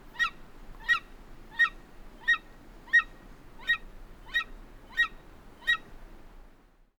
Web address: Golden Eagle